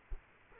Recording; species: mosquito wingbeat signal from an infrared sensor; Culex quinquefasciatus